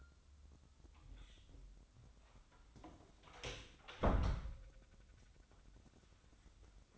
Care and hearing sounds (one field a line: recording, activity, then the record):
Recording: daily activity, microphone in the room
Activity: close door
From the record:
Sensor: 3